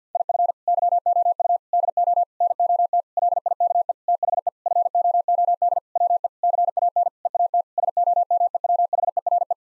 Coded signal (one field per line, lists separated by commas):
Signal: Morse code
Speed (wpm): 50 wpm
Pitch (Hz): 700 Hz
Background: none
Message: IF YOU DO NOT LIKE THE FOOD WE CAN EAT SOMEWHERE